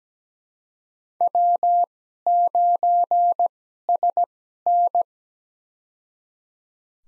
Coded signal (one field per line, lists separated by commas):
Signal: Morse code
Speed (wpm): 17 wpm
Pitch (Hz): 700 Hz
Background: none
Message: W9SN